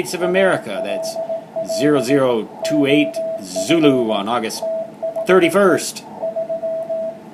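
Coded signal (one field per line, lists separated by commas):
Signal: Morse code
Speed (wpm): 17 wpm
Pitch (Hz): 650 Hz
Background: speech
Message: ALL OF THE 3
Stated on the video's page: HF band conditions on 14–28 MHz; a contact with Nicaragua on 18 MHz using 10 watts CW.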